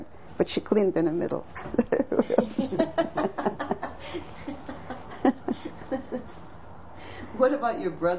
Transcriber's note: laughs